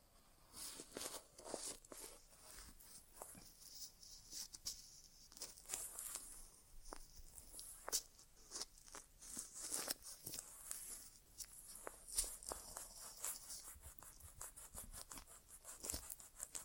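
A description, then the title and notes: An ASMR inner ear exam with no talking: dense, irregular crackling, scratching and rustling that never stops, with bright hissy bursts that swell and fade every second or so. Sharp clicks and pops are scattered throughout, over a soft low rumble. ASMR Inner Ear Exam (No Talking).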